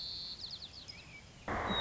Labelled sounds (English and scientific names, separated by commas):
White-crowned Sparrow (Zonotrichia leucophrys)